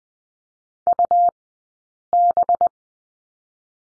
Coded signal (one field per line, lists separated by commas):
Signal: Morse code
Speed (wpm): 20 wpm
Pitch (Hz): 700 Hz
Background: none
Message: UB